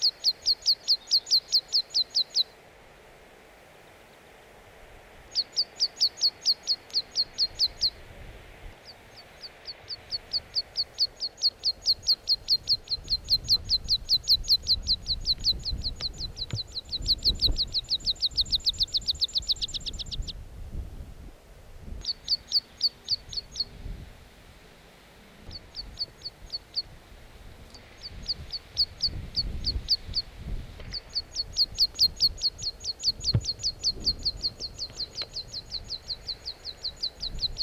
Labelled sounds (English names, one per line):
Meadow Pipit